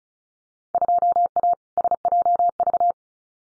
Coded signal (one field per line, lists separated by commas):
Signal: Morse code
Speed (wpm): 36 wpm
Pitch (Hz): 700 Hz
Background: none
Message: 2A SJV